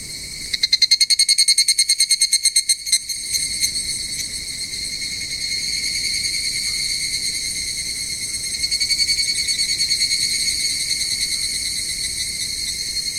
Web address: sikioto insect higurashi